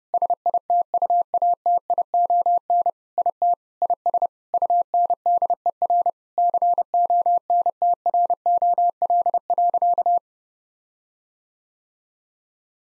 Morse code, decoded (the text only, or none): SITUATION IT IS UNDER CONTROL.